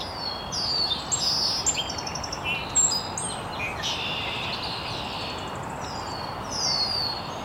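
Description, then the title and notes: Birds chirping in a chorus of overlapping high whistles, short trills and descending slurred notes, louder at the start and end, with background hiss. Birds chirping very early in the morning in an estuary. "Birds Chirping in the Early Morning. Original sounds of birds chirping very early in the morning in an estuary"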